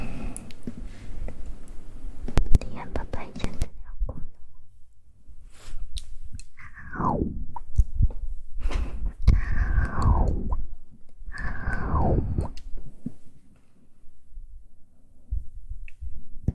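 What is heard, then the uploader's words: Mouth and hand sounds: a string of short clicks, pops and taps scattered through the whole stretch. Around seven, ten and twelve seconds come three longer sweeping sounds that slide from high to low over about a second each. Faint rustling fills the gaps. ASMR Mouth Sounds and Hand Sounds.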